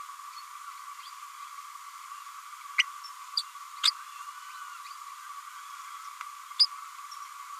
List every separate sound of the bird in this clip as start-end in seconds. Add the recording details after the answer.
3.83-3.91, 6.59-6.67. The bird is a female. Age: 31 days. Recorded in a nest box in Venezuela. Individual 17B102A5